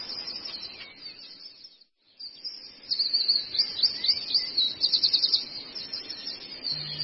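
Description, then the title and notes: Long-tailed shrike, after a brief silence, breaks into high chirps and a fast trill of squeaky notes. Training recording (masteran) of the long-tailed shrike for teaching songbirds. "Cendet 04. Masteran Burung Cendet"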